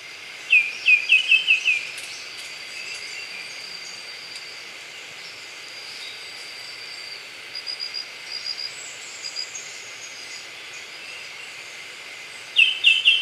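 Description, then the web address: White-winged becard call: two short bursts of quick, descending whistled notes, one near the start and one at the end, with a steady insect drone throughout. Recorded in Ecuador. "Birds of Ecuador. White-winged Becard"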